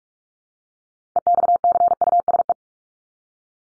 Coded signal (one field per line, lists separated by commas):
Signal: Morse code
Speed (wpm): 44 wpm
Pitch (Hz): 700 Hz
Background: none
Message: EXCUSE